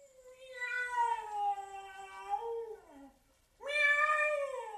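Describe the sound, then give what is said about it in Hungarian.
A cat lets out a long, drawn-out yowling meow that slides downward in pitch over about three seconds, then after a short pause gives a second loud, wavering meow. “Mi ez a hang? Ne féljék a fiatalul! E csak egy macska!”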